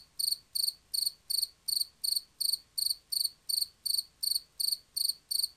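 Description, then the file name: Field cricket song, an unbroken run of bright pulsed chirps at an even rate of almost three per second. "markfårekylling"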